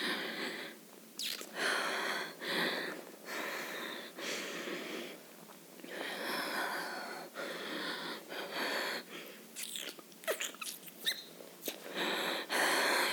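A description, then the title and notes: A woman moans in breathy, drawn-out bursts separated by short gasps and pauses. Toward the end the sounds come quicker and sharper, with rapid panting breaths. The sound is thin with no low end, and nothing else is heard. Moans of a Lady getting Orgasm (Climax).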